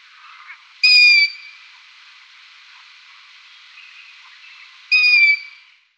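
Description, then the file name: Long-eared owl giving two high, squeaky calls about four seconds apart, with faint hiss between them. "gufo comune"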